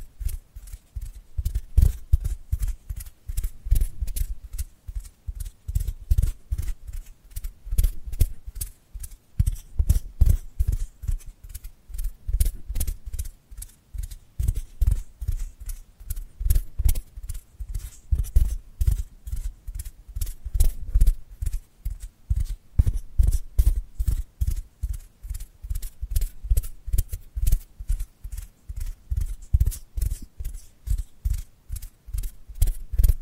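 Dry hands rub and brush together in quick, rhythmic strokes, a steady stream of soft rasping swipes with low thuds underneath throughout.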